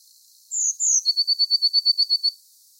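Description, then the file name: Eurasian blue tit: a pair of high, thin slurred notes leading straight into a fast, metallic trill of short notes. "Cyanistes caeruleus"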